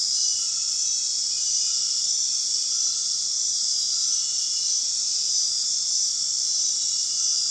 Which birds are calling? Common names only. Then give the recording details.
none. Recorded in dense forest near Puerto Asís, Putumayo, Colombia, on 18 February 2024 at 22:00. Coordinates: 0.499, -76.324. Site G6469